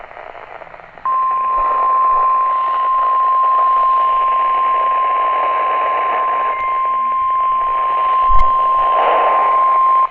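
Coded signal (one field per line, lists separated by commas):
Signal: Emergency Alert System (SAME) tones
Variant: 1050 Hz attention tone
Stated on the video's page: Severe weather alerts received on a NOAA Weather Radio during an active storm period in Illinois.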